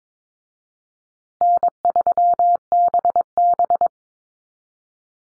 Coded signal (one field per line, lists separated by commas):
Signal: Morse code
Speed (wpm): 22 wpm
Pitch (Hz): 700 Hz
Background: none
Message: N3BB